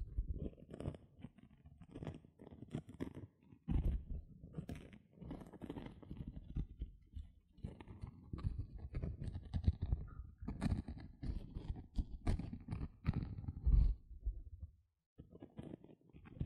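Gentle scratching runs through the clip in quick, uneven strokes, soft and mostly low with brief brighter rasps on top. The strokes come in dense bursts with short pauses, a clear break just before the four-second mark and another near fifteen seconds.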